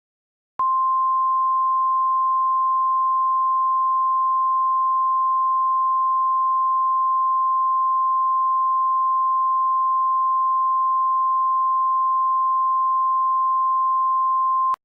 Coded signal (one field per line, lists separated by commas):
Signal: Emergency Alert System (SAME) tones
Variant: 853 and 960 Hz attention tone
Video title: EAS Classic: RC Park EAS (Original Version)